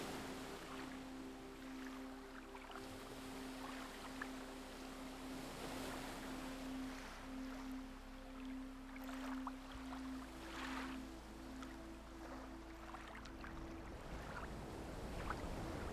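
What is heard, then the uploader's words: Waves wash steadily against a deserted beach, with soft splashes and hissing surges breaking every second or two. A low, even engine drone runs under the whole stretch, with a deeper rumble and a faint breeze beneath it. On a deserted beach.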